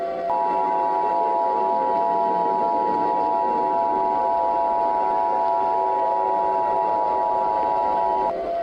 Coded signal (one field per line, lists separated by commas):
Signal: Emergency Alert System (SAME) tones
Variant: 853 and 960 Hz attention tone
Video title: Ejected (EAS Scenario)